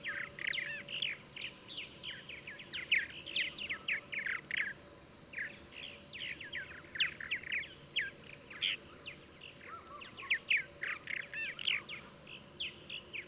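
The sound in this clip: Bird chirping: a busy run of short downslurred chirps and twitters, continuous throughout, with a faint steady high hum and soft pulses repeating at regular intervals.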